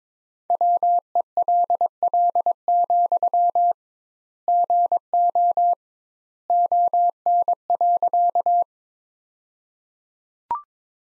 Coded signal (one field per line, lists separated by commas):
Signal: Morse code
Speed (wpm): 22 wpm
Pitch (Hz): 700 Hz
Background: none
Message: WELL, GO ON.